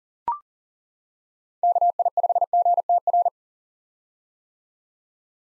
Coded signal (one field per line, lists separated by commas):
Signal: Morse code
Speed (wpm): 40 wpm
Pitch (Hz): 700 Hz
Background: none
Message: KI5GTR